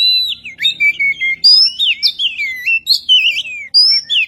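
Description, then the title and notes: Oriental magpie-robin pouring out a rich song of clear whistles, rising and falling slurs and quick twittering notes. "Kicau Burung Kacer"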